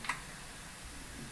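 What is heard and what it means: A torque wrench is clicked again on a tire valve stem nut on a wheel rim to re-check the 4 N·m torque. A single sharp, bright click sounds at 0.1 s, followed by quiet, steady low background noise. The nut is confirmed torqued to spec.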